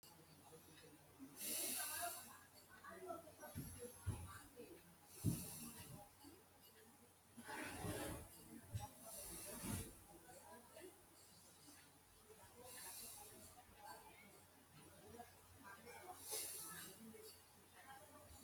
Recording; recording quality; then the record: shallow breathing; excellent, no background noise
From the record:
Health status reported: healthy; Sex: male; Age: 27 years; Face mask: not worn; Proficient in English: yes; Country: India